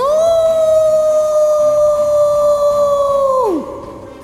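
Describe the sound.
A single loud, sustained wolf howl in a tunnel holds a steady mid pitch for over three seconds, then bends sharply downward and breaks off, leaving a faint rumbling background.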